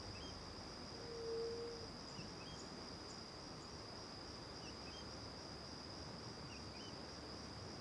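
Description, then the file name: A cricket's high, even trill runs throughout, with a few soft bird chirps and a short low tone early on. Morning, back to the river near the Angelica cave; several birds present, crickets first far then nearby; AB stereo microphone setup. "De costas para o rio perto da caverna angelica de manha, varios passaros, grilos longe e depois perto, gravacao em ab"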